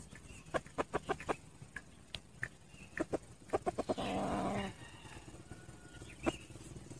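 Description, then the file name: Red junglefowl with quick repeated clucks, then a loud, strained, harmonic call lasting under a second, followed by a few more isolated clucks. Wild male (rooster) crowing to call hens. "tieng ga trong rung gay goi ga"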